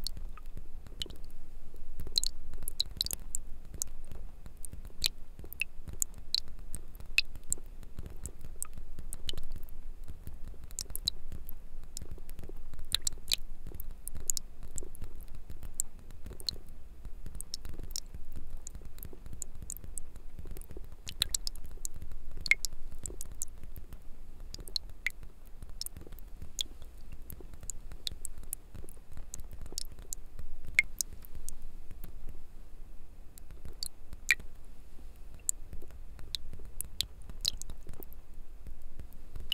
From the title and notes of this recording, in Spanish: Sonidos muy relajantes de gotas cayendo, pulverizadores de agua y más.